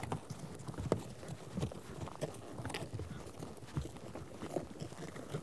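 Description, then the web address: Low, dull horse hoof thuds in an uneven walking rhythm, with occasional brighter knocks. A herd of horses out on a trek. "BBC Sound Effects Library - Horses Herd of horses out on trek"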